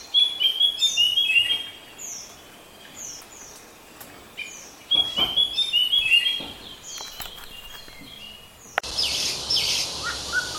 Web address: shama sound